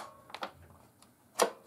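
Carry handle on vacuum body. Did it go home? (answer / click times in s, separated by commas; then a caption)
yes / 1.4 s. The plastic carry handle on the body of a Numatic Henry Cordless HVB160 cylinder vacuum cleaner is raised, with a few light plastic ticks around 0.3–0.4 s and a faint one near 1.0 s. A sharp, loud click at 1.4 s marks the handle locking in place.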